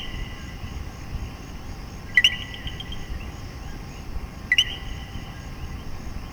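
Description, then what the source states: Common coquí giving two clear two-part co-qui calls, a short low note then a higher upswept whistle, spaced about two seconds apart over soft background hiss. Puerto Rico.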